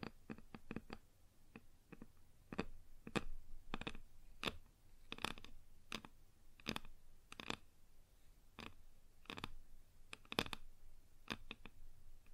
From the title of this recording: Wood Surface Tapping & Scratching